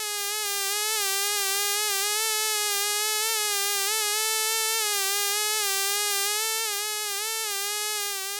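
Mosquito flight buzz, a continuous thin whine with a slight wavering pitch, steady and loud throughout, with no other sounds.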